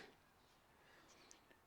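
A plastic razor blade is slid into the blade slot of a plastic scraper tool, centred and pushed in until it locks. A faint, brief click is heard at 1.3 s as the blade seats without any force, over a quiet background. Someone talks.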